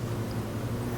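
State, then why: Not seated. Bolts are handled over the hex cutouts of 3D-printed plastic fittings on a PVC fly rod rooftop carrier after glue has been applied, with the bolt heads about to be pressed down into the cutouts. Only a steady low hum with broadband background noise is heard, with no sharp transients. Nothing has seated or clicked yet.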